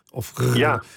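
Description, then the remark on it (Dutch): A person vocally imitates how someone snoring sounds in the Netherlands: a short throaty burst followed by a longer, buzzing, voiced drawn-out rasp, moderately loud and heard on its own. “Kijk, als je in Nederland iemand hoort snurken, en dat klinkt dan, tenminste, bij mij klinkt het als of zoiets.”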